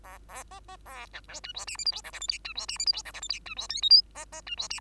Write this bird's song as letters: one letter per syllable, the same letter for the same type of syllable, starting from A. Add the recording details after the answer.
A A B B A C D E F G H I J K L M N E F G H I J K L M N E F O P Q B B E F G. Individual Bird2